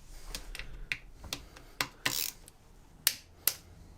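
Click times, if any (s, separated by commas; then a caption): 3.1 s. A torque wrench set to 30 Nm tightens a bolt on the casing of a MINI R50 Midlands / Rover R65 gearbox, making a series of short, sharp ticks. The wrench gives its first click at 3.1 s, confirming the bolt has reached its set torque, and another sharp click follows at about 3.5 s.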